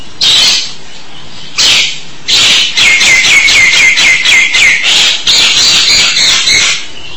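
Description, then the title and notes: Starling song: loud harsh chattering bursts, a pause, then a rapid series of scratchy, buzzy notes with a whistled edge. "suara burung jalak"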